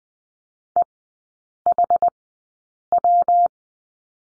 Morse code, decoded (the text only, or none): EHW